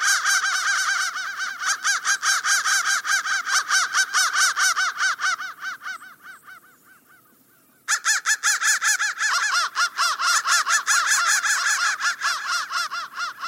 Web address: soundfactory crow 1 crow 1 crow 1 bendthreads